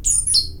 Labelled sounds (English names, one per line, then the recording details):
Stitchbird song
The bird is a male
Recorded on Tiritiri Matangi Island, New Zealand, in 2005
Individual 22, of nest box 31